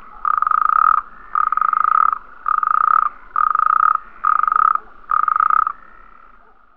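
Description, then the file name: Natterjack toad giving six rasping, pulsed trills, each under a second long, spaced about a second apart. "Sapo Corredor Bufo Calamita"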